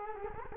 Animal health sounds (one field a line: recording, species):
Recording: mosquito wingbeat signal from an infrared sensor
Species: Culex quinquefasciatus